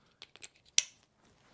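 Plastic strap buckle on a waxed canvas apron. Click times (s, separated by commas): 0.8 s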